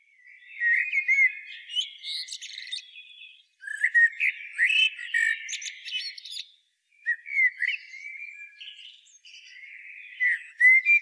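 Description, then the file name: Common blackbird song: several warbled, fluty phrases separated by short pauses, each ending in high, scratchy twitters; no other clear sounds. "Turdus merula"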